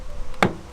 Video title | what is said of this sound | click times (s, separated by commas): OMG this car is siiick! | you'll hear it click in like that that's all there is to it and then take your long pushpin here | 0.4 s